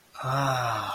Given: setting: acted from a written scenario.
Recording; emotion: vocal sound without words; realization